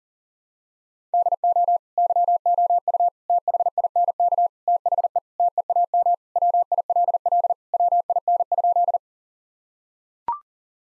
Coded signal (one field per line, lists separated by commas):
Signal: Morse code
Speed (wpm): 37 wpm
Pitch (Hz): 700 Hz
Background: none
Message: DO YOU THINK THE TEAM WILL WIN?